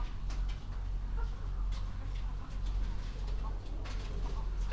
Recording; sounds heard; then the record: poultry house recording; sick chickens (respiratory disease)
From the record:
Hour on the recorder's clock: 21